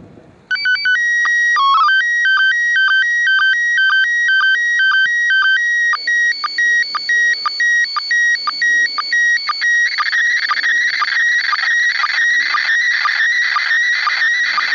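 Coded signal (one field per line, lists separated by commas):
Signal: SSTV (slow-scan television)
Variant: PD120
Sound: harsh stepping electronic tones with a steady, rhythmic chirp about twice a second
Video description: ISS-SSTV (MAI-75) images in PD120 mode received on TH-D74E + Arrow-2 Antenna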